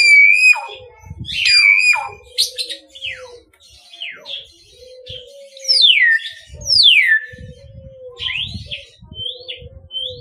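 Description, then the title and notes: Common hill myna song: a varied jumble of clear whistles, some falling and some flat, with soft low thumps in the background. "Kicau Burung Beo"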